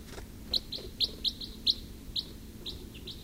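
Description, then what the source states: Red crossbill giving several short, sharp high chips at irregular intervals. Recorded in the Rusel area on 27 October 2014.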